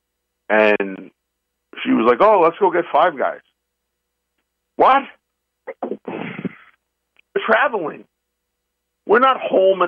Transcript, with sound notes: and she was like, "Oh, let's go get Five Guys." "What?"
(laughs)
"We're traveling. We're not home at the